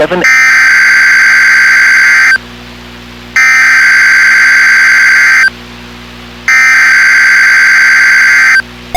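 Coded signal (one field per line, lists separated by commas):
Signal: Emergency Alert System (SAME) tones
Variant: header bursts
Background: speech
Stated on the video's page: Severe Thunderstorm Watch alert received on NOAA Weather Radio station KIH28.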